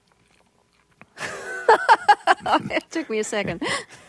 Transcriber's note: soundbite of laughter